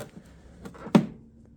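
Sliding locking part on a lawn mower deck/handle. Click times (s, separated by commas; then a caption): 1.0 s. A part on an EGO Super Composite battery lawn mower (LM2240SP/LM2244SP/LM2244SP-2) with a composite deck is lifted and slid into position on the deck/handle, sliding easily. After soft handling noises and a light knock at 0.7 s, it locks in place with a sharp single hit at 0.9 s that rings briefly. The part is seated.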